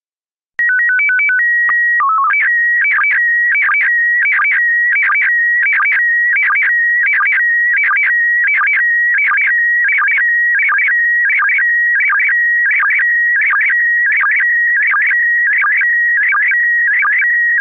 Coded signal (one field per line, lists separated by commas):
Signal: SSTV (slow-scan television)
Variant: PD 90